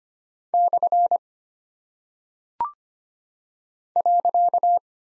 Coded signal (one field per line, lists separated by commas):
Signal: Morse code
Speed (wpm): 25 wpm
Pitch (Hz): 700 Hz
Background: none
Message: / .